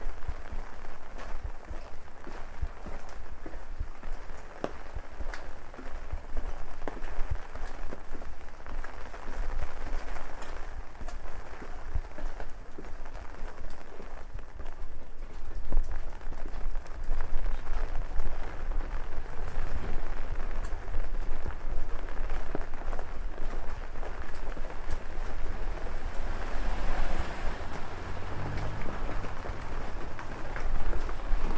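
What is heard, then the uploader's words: Rain patters steadily on an umbrella while city sounds fill the background, a dense, constant wash with a low rumble underneath. Sharp drip-like ticks come scattered throughout, and around 26 to 30 seconds a brighter swell and a low passing hum rise briefly. WALKING IN THE RAIN DOWNTOWN KOREA. The gentle pitter-patter of rain drops on your umbrella, combined with the sounds of a busy downtown Korean city at night.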